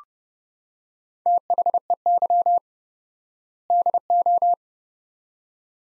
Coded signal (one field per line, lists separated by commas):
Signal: Morse code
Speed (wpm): 30 wpm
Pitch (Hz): 700 Hz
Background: none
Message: THEY DO